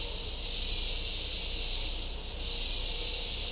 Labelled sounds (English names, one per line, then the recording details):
none
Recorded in dense forest near Puerto Asís, Putumayo, Colombia, on 20 December 2024 at 15:30
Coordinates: 0.499, -76.324
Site G045